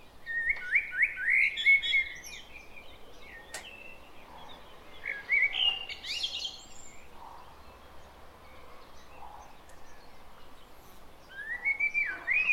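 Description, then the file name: Common blackbird song: fluty warbled phrases with twittering ends, heard near the start, around six seconds and again at the close. "Turdus merula"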